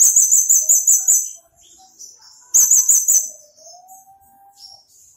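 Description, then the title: Small bird chirping in quick, high, sharp notes in two bursts. "Burung Kecil"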